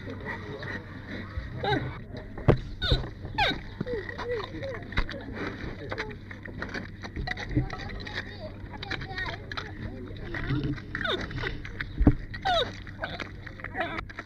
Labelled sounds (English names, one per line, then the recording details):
Giant Panda call
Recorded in captivity
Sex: female
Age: adult
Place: Tierpark Berlin, Berlin, DE
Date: 1958-08-21
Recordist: Tembrock, Günter
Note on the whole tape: Weibchen, etwa 2 Jahre alt. Erst in Erwartung des Futters, dann bei Versuchen der Fortnahme durch die Wärterin